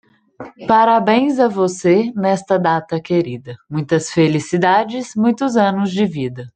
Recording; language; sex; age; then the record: short text; Brazilian Portuguese; female; 30 to 39 years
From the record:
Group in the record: control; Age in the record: 30 years